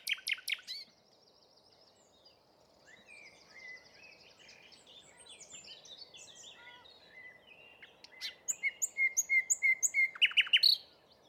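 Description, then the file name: Common nightingale singing: sharp opening notes, a soft varied twittering passage, then a fast series of loud repeated notes building to a final flourish. "Luscinia megarhynchos"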